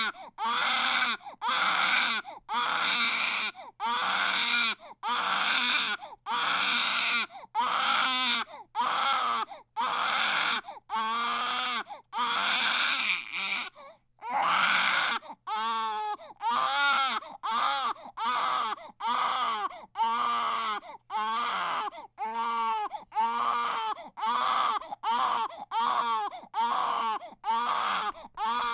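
A baby cries hard and long without letup, in loud, high-pitched wails of about a second each, separated by short gasping breaths. Near the middle the bursts become shorter and quicker, with a few whimpering catches. It is sustained, intense infant crying.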